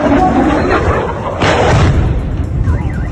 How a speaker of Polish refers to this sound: Mieszkańcy Czernichowa publikują w internecie nagrania, na których widać, jak po pierwszych eksplozjach następują kolejne przyloty rakiet. Trafiły one w obiekty cywilne w centrum miasta.